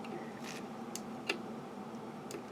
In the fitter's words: we go I thought it was going to be bad but then it popped down all the way and I'm like oh never mind